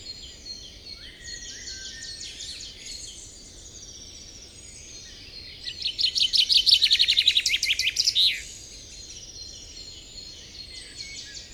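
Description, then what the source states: Bird chirping in high, rapid twittering notes, with a louder fast trilled burst in the middle and a steady low background hiss. Ambience.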